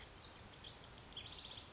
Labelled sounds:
House Wren
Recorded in Sonoma County, California

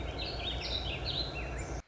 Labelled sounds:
Warbling Vireo
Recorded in Sonoma County, California

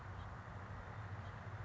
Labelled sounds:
House Finch
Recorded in Sonoma County, California

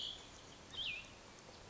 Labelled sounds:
Cassin's Vireo
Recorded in Sonoma County, California

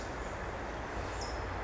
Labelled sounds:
California Towhee
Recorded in Sonoma County, California

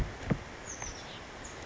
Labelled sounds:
Oak Titmouse
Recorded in Sonoma County, California

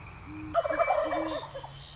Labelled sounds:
Great Horned Owl
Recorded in Sonoma County, California

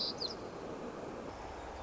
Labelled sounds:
White-crowned Sparrow
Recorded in Sonoma County, California

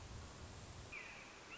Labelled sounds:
Red-shouldered Hawk
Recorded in Sonoma County, California

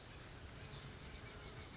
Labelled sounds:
Chestnut-backed Chickadee
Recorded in Sonoma County, California

